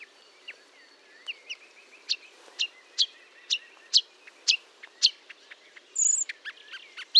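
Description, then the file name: Marsh warbler song, a steady series of sharp high notes, then a brief buzzy burst and quicker mixed notes. Recorded at Fourneau, Fontaine-Française, France, on 1 June 2022 at 10:55, using a Nagra recorder with a Telinga. "Rousserolle verderolle 1055 Fontaine-Francaise-Fourneau"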